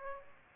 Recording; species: mosquito wingbeat signal from an infrared sensor; Aedes aegypti